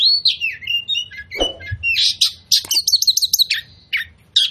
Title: KACER NGOTOT FULL TEMBAKAN. Pancingan Kacer Gacor Plong Plongan Buat Kacer Lain Auto Emosi Buka Ekor Ngobra